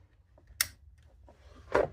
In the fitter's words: You guys heard the click.